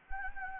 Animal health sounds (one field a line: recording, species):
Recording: mosquito wingbeat signal from an infrared sensor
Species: Anopheles gambiae